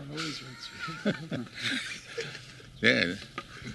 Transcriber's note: laughs